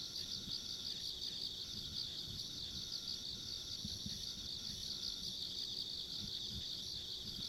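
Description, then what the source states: Dense insect trilling, a high shimmering buzz without breaks, with a faint higher tone over it and low rumbling noise below. Ambient insect sounds along a country road.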